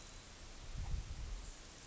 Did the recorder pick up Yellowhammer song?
no